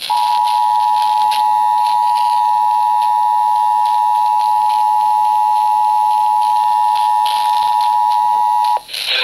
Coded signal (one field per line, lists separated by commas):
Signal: Emergency Alert System (SAME) tones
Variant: 853 and 960 Hz attention tone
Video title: FREEFORM JAZZ... EAS Alerts from 7/17/21 (EAS #5,917 - 5,928)